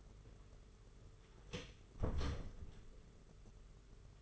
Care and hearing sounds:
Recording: daily activity, microphone in the room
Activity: close door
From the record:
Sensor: 4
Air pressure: 992.4 hPa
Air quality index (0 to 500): 112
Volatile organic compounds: 20 ppm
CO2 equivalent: 2693 ppm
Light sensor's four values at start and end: 21/74/27/28 and 21/74/27/28

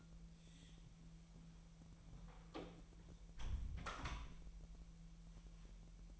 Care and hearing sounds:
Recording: daily activity, microphone in the room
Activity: close door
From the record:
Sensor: 1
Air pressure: 1001.3 hPa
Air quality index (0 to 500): 250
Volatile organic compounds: 139 ppm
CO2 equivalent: 3974 ppm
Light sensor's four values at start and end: 13/31/13/14 and 13/30/13/14

